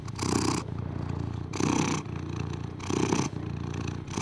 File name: Digiffects Sound Effects Library - Close Cat Purr